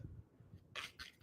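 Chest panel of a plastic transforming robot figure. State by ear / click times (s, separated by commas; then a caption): not seated / none. One side of the chest panel on a plastic transforming robot figure is pushed to peg it into place. Two brief scraping rustles are heard around 0.8 s and 1.0 s over a quiet background. The panel does not lock and keeps pushing itself back out, so nothing has seated or clicked yet.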